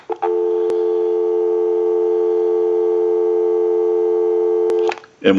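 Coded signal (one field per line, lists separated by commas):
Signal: telephone call progress tone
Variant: North America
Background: speech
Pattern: dial tone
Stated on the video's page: Heard on a Western Electric Trimline telephone during initial checkout and repair.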